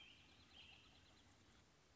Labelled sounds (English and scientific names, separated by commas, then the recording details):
American Robin (Turdus migratorius)
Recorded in Sonoma County, California